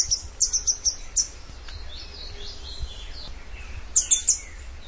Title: LuckyPassaro Completos2Sama. Rufous-headed Tanager (Hemithraupis ruficapilla)